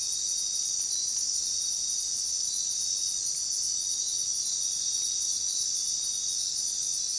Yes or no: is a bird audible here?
no